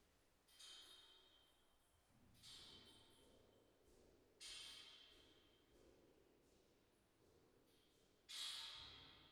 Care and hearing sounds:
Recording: everyday scene through a hearing-aid microphone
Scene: reverberant space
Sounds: background noise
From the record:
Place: staircase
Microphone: behind the ear, left, rear

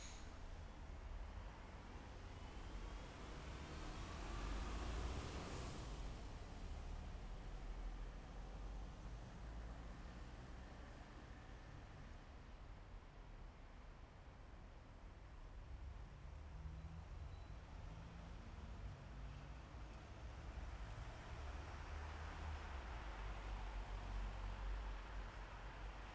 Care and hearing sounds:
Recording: everyday scene through a hearing-aid microphone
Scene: in traffic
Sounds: traffic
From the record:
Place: bus stop on a city main road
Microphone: behind the ear, left, rear

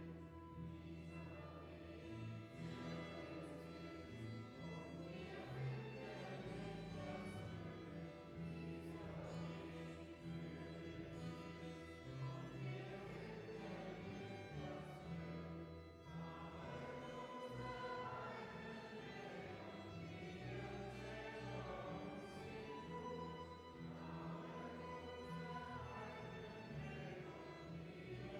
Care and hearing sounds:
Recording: everyday scene through a hearing-aid microphone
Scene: reverberant space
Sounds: music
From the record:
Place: church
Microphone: behind the ear, left, rear

